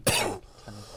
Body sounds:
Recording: coughing mixed with background sound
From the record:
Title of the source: Coughing 79

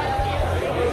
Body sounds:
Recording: background sound without coughing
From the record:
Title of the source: CITY SOUNDS Busy Bar in the Evening Night - 2 HOURS of Ambiance for Relaxation

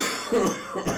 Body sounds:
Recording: coughing mixed with background sound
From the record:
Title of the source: Spring Cold Coughing 3

